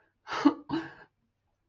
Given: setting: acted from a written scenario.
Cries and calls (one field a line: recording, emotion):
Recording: vocal sound without words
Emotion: guilt